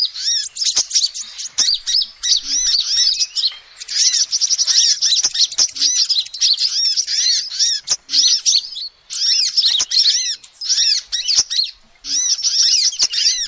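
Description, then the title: Lovebird calls, continuous shrill twittering and squeaky chirps in long bursts separated by short gaps, with occasional sharp clicks. Lovebird calls used as a lure to trap birds. "PIKAT BURUNG LOVEBIRD"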